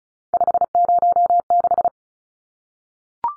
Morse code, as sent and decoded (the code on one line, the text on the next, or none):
..... ----- -....
506